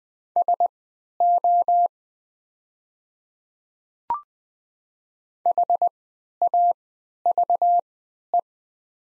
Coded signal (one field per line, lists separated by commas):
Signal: Morse code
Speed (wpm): 20 wpm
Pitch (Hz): 700 Hz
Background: none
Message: SO HAVE